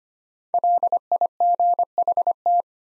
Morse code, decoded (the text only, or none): LIGHT